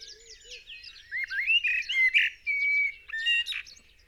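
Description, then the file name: Common blackbird song: a sequence of clear whistled and warbled notes, one held steady, against chattering birds and a brief low coo at the start. "Turdus merula"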